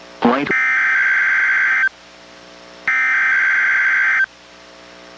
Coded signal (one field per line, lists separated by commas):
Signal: Emergency Alert System (SAME) tones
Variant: header bursts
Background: speech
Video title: EAS #752: NWR Required Weekly Test- Mar. 15, 2023- 11:01AM PDT